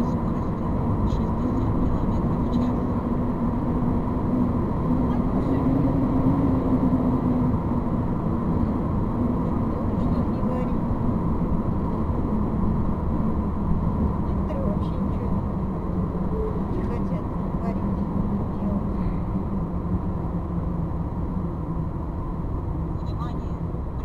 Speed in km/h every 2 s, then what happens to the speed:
83, 83, 83, 82, 81, 80, 77, 71, 66, 61, 58, 52.
0-12 steady at about 82. 12-24 slows to 52.